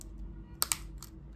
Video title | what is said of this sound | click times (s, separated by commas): MacBook Cleaning Tutorial: Clean Keyboard & Internal Parts Safely | you'll hear that click sound, and | 0.6 s, 0.7 s